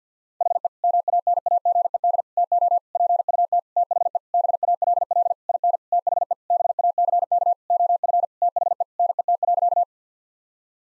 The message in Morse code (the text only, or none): HE MANAGED TO PUT THE BALL IN THE BACK OF THE NET.